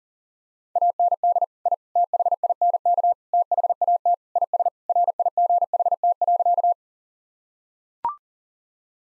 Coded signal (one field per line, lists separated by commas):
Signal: Morse code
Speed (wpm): 40 wpm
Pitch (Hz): 700 Hz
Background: none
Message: AND I THINK THAT IS RIGHT.